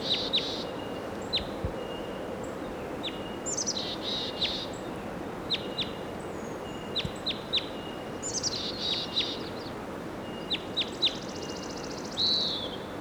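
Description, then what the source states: Crossbill calls: repeated high, clipped chip notes in loose series and small clusters throughout, with a steady faint tone and hissy background. Wild crossbill perched on top of a tall tree.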